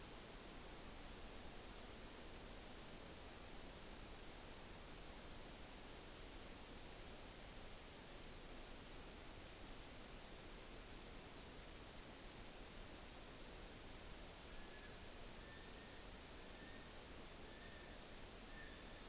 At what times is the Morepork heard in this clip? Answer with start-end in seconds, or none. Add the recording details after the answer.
none. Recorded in New Zealand on 9 October 2013. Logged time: 17:00. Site Ponui